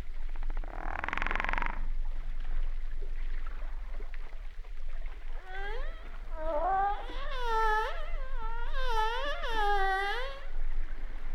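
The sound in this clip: Humpback whale song opening with a noisy whoosh, then a chain of quavering, harmonic cries that bend up and down in pitch, over low rumble.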